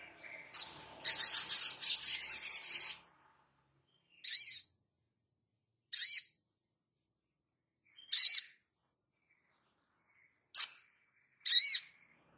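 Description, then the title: Spiderhunter opening with a quick, jumbled burst of high notes, then single sharp chips repeated every couple of seconds. Masteran (training recording for cage birds), Labaik variant. "Sogok Ontong Labaik"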